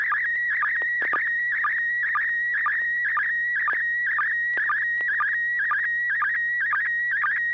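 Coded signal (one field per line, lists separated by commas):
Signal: SSTV (slow-scan television)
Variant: PD mode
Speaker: okay there we go uh this is going to be pd220 n6 [Music] pgq e e I d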